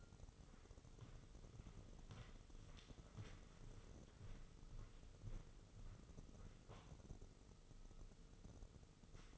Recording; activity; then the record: daily activity, microphone in the room; walk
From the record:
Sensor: 4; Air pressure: 996.7 hPa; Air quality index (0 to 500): 247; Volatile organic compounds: 414 ppm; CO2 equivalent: 4694 ppm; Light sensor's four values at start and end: 53/130/54/54 and 50/124/51/52